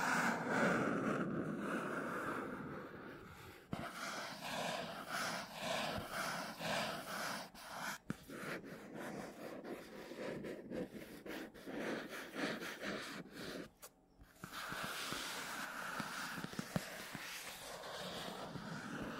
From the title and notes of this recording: Scratchy Tapping on 3 Matte Surfaces (NO TALKING).